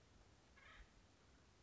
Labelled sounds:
Acorn Woodpecker (Melanerpes formicivorus)
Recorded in Sonoma County, California

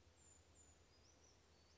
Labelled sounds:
Brown Creeper (Certhia americana)
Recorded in Sonoma County, California

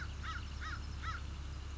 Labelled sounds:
American Crow (Corvus brachyrhynchos)
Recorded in Sonoma County, California

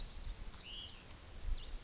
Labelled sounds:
Hutton's Vireo (Vireo huttoni)
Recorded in Sonoma County, California

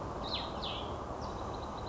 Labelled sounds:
Cassin's Vireo (Vireo cassinii)
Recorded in Sonoma County, California

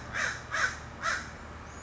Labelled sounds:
American Crow (Corvus brachyrhynchos)
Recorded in Sonoma County, California

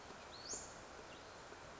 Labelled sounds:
Western Flycatcher (Empidonax difficilis)
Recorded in Sonoma County, California

